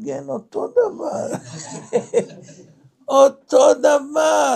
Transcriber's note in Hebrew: צחוק